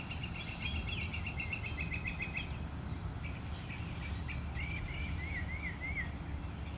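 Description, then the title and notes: Bird song, a fast trill of repeated notes followed by a series of quick rising and falling chirps, with constant low rumbling noise behind. Recorded outside the narrator's house. "Bird Songs Part Two. More bird songs outside my house"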